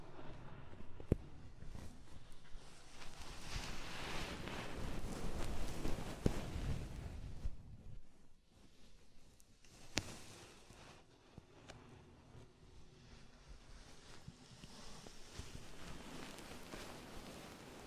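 Soft ear massage sounds with oil and foam: a continuous wet, rustling rub that swells into a denser, brighter patch around four to seven seconds, then thins out. Sharp little clicks and taps land now and then, notably near one, six and ten seconds.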